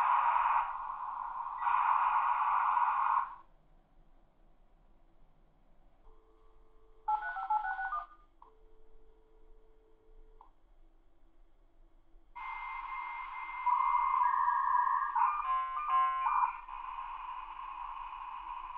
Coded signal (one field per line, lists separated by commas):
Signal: dial-up modem handshake